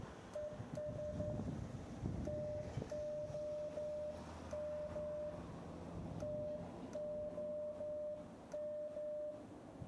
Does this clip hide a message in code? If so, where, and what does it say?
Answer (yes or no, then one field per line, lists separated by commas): yes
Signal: Morse code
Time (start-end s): 0.4-9.3 s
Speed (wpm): 11 wpm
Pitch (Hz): 600 Hz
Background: none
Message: ES TOM TOM